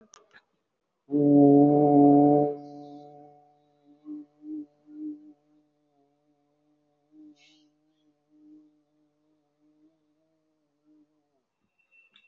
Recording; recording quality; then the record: sustained vowel as in boot; excellent, no background noise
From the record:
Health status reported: respiratory illness, not identified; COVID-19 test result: negative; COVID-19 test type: RT-PCR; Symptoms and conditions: cough, cold, breathing difficulty, asthma, chronic lung disease, pneumonia, hypertension, diabetes, ischaemic heart disease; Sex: male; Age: 67 years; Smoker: yes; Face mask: worn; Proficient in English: yes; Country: India